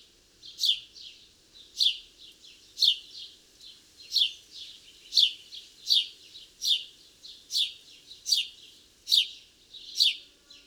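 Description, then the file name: House sparrow calling with a long run of sharp repeated chirps, mixed with softer chattering notes. "Passer domesticus"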